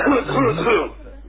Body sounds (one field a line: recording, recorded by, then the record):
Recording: voluntary cough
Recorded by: telephone call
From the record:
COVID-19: positive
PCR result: checked with the laboratory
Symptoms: no